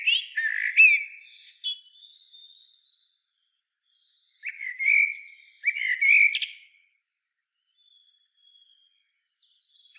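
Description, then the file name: Common blackbird song: fluted whistles with thin high squeaks, a quiet gap, then two more low mellow phrases, with faint high notes trailing at the end. "Turdus merula"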